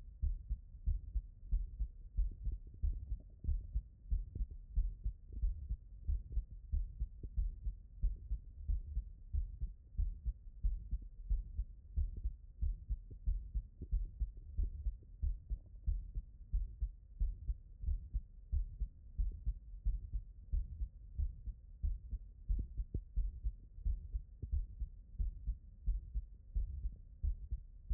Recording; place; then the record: heart sounds by stethoscope; tricuspid valve (TV)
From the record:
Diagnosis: non-HFrEF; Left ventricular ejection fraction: 72%